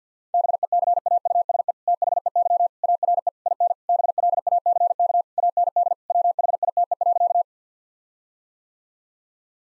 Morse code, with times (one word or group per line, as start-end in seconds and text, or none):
0.3-1.7 BECAUSE
1.9-2.7 THEY
2.8-3.3 ARE
3.5-3.7 IN
3.9-5.2 BLACK
5.4-5.9 AND
6.1-7.4 WHITE.